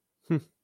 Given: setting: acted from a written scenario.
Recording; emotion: vocal sound without words; interest